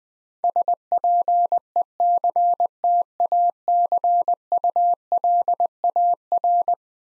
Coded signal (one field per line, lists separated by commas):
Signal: Morse code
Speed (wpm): 20 wpm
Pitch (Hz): 700 Hz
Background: none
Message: SPECTACULAR